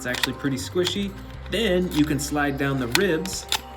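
A plastic rib cover is slid down over the soft, squishy stomach of a battle-damaged dinosaur action figure's torso while someone talks. Only faint handling sounds come through under the voice, and nothing has seated or clicked into place yet.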